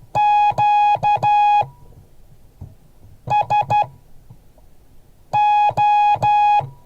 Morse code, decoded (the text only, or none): QSO